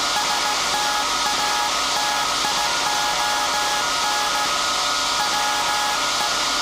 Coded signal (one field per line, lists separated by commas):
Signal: Morse code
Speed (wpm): 16 wpm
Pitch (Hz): 840 Hz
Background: none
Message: STATION WE